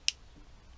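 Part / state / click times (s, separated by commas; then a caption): folding utility knife blade locking into its handle / seated / 0.1 s. A button is pushed on a folding utility knife, and its metal blade swings out and locks into its handle in the open position. One sharp, bright click sounds at 0.1 s, with most of its energy between about 2 and 10 kHz, then only faint low background noise remains. The blade is seated and locked open.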